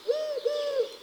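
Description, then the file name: Eurasian collared dove giving two smooth, low, hollow coo notes in quick succession. Garden bird. "Tourterelle turque"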